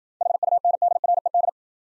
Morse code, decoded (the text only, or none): HUNDRED